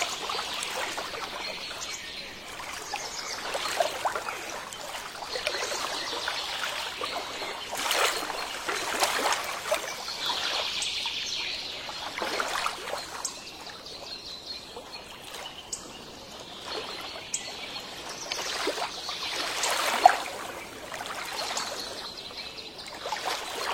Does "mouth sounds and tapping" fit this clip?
no